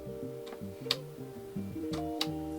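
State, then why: Seated. The four-aperture rotary rear sight drum of a WE MP5A2 replica MP5 gas blowback airsoft rifle, made of steel, is turned in its sight housing from one aperture to the next. Sharp, bright clicks sound at 0.9 s and 2.2 s over a steady tonal background hum. Each position clicks firmly into its detent.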